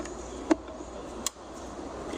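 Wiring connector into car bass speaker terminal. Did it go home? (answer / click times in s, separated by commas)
yes / 1.3 s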